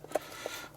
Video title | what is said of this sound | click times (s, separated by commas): Star Trek: Build The Enterprise D. Stage 29.3 Assembly. By Fanhome/Eaglemoss/Hero Collector. | oh that just popped into place | 0.2 s